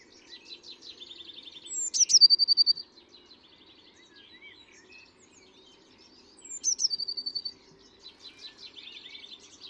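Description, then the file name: Eurasian blue tit song: two high, sharp notes each run into a fast trill, separated by a pause, with soft buzzy chatter before and after. "Cyanistes caeruleus"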